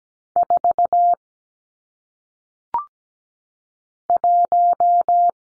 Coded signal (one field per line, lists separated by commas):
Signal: Morse code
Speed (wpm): 17 wpm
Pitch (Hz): 700 Hz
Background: none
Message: 4 1